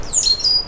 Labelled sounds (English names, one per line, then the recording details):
Stitchbird song
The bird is a male
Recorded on Tiritiri Matangi Island, New Zealand, in 2005
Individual 12, of nest box 16